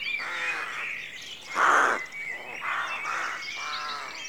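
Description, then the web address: Rooks calling in a run of raspy caws, one louder caw in the middle, over a steady background chorus. Rookery at dawn; rural outdoor atmosphere. "The BBC Sound Effects Library. Rookery Dawn"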